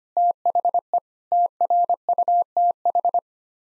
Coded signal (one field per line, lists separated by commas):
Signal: Morse code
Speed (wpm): 25 wpm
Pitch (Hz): 700 Hz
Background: none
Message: THE TRUTH